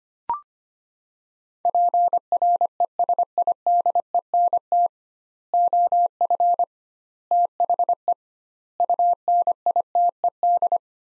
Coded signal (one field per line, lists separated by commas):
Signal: Morse code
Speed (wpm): 25 wpm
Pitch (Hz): 700 Hz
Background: none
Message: PRESIDENT OF THE UNITED